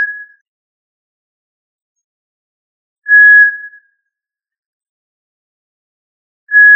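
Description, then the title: Quail giving a pure, steady whistled note, each under a second long, repeated roughly every three seconds, with silence between. Listed under the family Tinamidae. "Familia Tinamidae - Quail - Puyuh"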